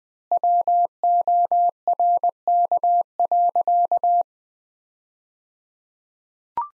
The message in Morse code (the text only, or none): WORK.